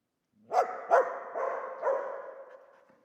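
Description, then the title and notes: Dog: four barks in quick succession, the first two sharp and loud, the last two softer, trailing off. Old dog trapped in the pool basin of the decaying Palais El Glaoui courtyard, Fès, Morocco; full sun, circling, rearing on hind legs to bark at visitors; recorded with Zoom F3 and ORTF microphone. "Fès, Fès-Meknès, Maroc - le chien du palais El Glaoui. Dans la cour du palais (en décrépitude avancée), un vieux chien est "prisonnier" dans le bassin/piscine. Il se dresse sur ses pattes arrières pour entrevoir quelques secondes ce qui se passe dans la cour et "invective" les visiteurs de ses aboiements. JF CAVRO"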